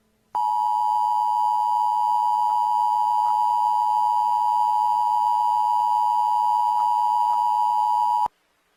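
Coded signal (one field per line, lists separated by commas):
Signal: Emergency Alert System (SAME) tones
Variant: 853 and 960 Hz attention tone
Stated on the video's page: Simulated EAS scenario.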